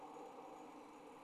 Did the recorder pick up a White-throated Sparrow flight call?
no